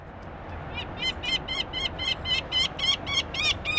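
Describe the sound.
Kingfisher call starting after a short quiet moment, then a quick run of harsh, grating notes, about three or four per second, growing slightly louder.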